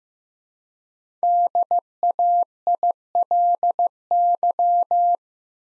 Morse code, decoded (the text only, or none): DAILY